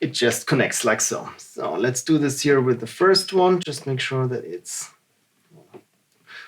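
Someone talks while lining up the first memory module over a motherboard slot, checking that the right side is facing before applying gentle pressure to snap it in. Speech fills most of the clip, followed by a few faint handling sounds after about 5.4 s and a brief soft noise at 6.1 s. The module has not seated or clicked yet.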